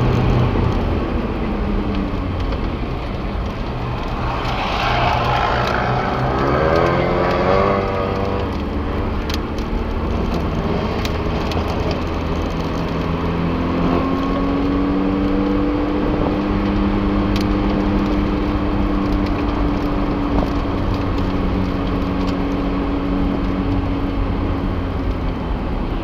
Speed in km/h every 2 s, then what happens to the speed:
57, 41, 44, 48, 54, 55, 58, 70, 75, 68, 65, 64, 61.
0-3 brakes to 41. 3-16 speeds up to 75. 16-26 slows to 61.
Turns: 0-6, 8-13, 15-20.